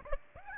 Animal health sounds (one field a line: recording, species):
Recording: mosquito wingbeat signal from an infrared sensor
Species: Aedes aegypti